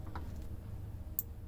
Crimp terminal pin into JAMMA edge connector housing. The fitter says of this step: you hear that click